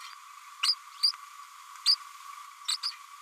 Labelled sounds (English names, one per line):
Green-rumped Parrotlet babbling